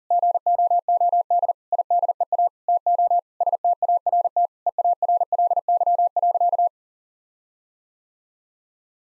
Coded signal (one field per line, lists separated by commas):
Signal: Morse code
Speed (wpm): 40 wpm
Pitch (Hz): 700 Hz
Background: none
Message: GOOD IDEA TO START EARLY.